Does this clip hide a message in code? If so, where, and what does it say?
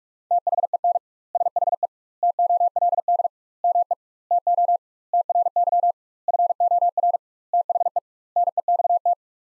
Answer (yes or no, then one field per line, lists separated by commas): yes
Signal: Morse code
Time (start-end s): 0.3-9.1 s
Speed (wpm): 46 wpm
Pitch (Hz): 700 Hz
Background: none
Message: THEN SHE TOLD ME TO TRY FOR THE NEXT